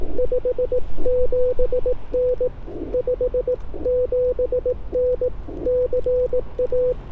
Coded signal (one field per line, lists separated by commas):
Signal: Morse code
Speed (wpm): 18 wpm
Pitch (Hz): 500 Hz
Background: none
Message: 57N 57N CA